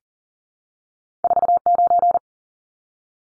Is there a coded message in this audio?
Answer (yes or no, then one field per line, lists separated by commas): yes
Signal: Morse code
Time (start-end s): 1.2-2.2 s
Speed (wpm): 40 wpm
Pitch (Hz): 700 Hz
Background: none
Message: 49